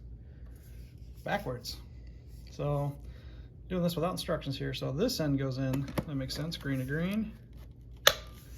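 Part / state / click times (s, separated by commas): vacuum extension tube into vacuum body / seated / 8.1 s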